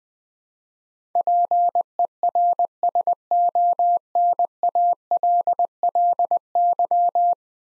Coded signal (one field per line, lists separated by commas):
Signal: Morse code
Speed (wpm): 20 wpm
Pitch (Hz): 700 Hz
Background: none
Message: PERSONALLY